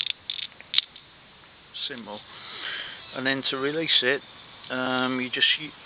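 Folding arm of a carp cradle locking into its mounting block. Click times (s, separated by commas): 0.0 s, 0.1 s, 0.3 s, 0.4 s, 0.7 s, 0.8 s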